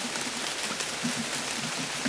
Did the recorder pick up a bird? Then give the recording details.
no. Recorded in dense forest near Puerto Asís, Putumayo, Colombia, on 25 June 2025 at 14:00. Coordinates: 0.484, -76.325. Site H65